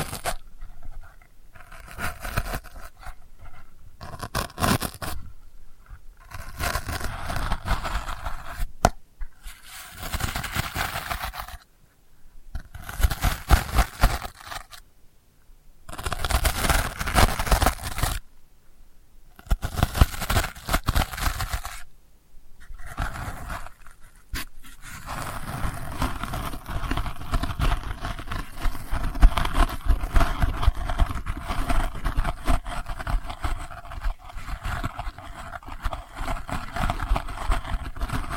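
Delicate scratching comes in short, dense bursts separated by brief silences through the first 25 seconds, each burst a rough, papery rasp across low and bright ranges. After that the scratching turns continuous and steadier, a softer grainy rustle running to the end.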